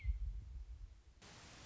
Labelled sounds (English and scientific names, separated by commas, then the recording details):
Western Meadowlark (Sturnella neglecta)
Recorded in Sonoma County, California